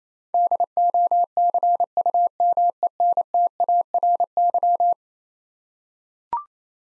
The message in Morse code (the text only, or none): DOCUMENTARY